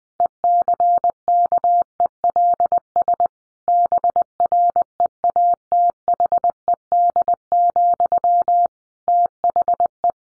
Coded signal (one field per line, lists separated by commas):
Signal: Morse code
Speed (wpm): 20 wpm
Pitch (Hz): 700 Hz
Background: none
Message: ECKELS BREATHED, THE